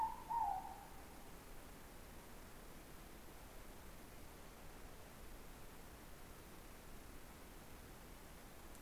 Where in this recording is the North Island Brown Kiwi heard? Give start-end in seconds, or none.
none